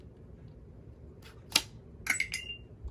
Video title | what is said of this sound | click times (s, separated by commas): Answering Questions About My Sabertrio Vektra Neopixel Lightsaber | you'll hear a clicking sound and | 1.6 s, 2.1 s